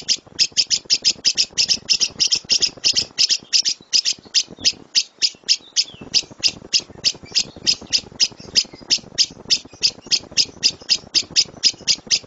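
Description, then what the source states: Lovebird chattering song of harsh, high, buzzy chirps delivered rapidly and steadily, about three per second. Champion lovebird singing as a competition bird.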